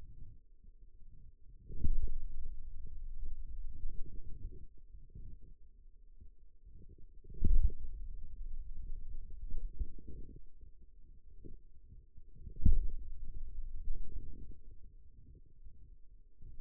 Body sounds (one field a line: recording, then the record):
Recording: forearm muscle sounds (acoustic myography)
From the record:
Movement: pen grasping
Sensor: system 2, bracelet of six BSWA MPA416 microphones around the upper forearm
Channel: 3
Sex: male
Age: 22 years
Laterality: right